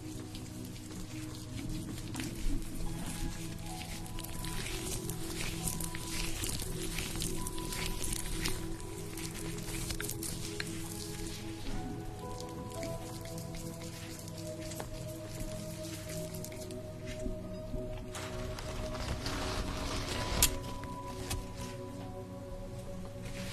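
A facial treatment with steam, cream and massage: a steady, low machine hum with a few held tones runs throughout. Soft squishing and rubbing sounds come and go over it, with brief sharper clicks near the start and again toward the end.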